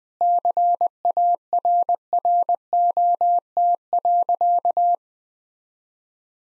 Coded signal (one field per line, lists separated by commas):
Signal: Morse code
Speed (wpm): 20 wpm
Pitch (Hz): 700 Hz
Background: none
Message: CARROT.